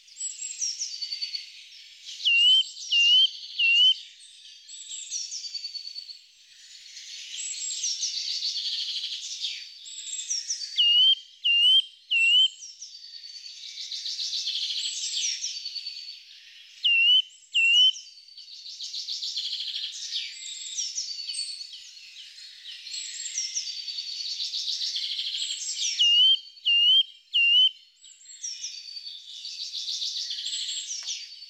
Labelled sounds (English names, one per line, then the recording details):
Eurasian Nuthatch song
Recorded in the wild
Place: Gottenheim / Freiburg im Breisgau, Baden-Württemberg, DE
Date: 1997-03-30
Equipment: Dat-Recorder Casio DA 7, Telinga DAT, Telinga-Parabolspiegel
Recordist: Schwarz, Dieter
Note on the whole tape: Song